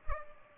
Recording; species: mosquito wingbeat signal from an infrared sensor; Culex pipiens